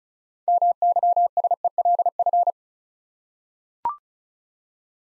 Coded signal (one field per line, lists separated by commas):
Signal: Morse code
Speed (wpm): 36 wpm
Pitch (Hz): 700 Hz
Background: none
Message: MYSELF